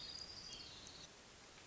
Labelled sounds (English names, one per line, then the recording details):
Hermit Thrush
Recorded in Sonoma County, California